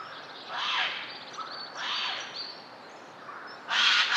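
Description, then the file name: Eurasian jay giving harsh, rasping screeches, two spaced apart and a louder one at the end, with thin high whistles of other birds behind. "Garrulus glandarius"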